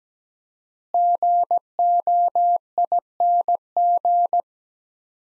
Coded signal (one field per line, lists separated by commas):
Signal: Morse code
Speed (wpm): 17 wpm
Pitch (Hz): 700 Hz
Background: none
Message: GOING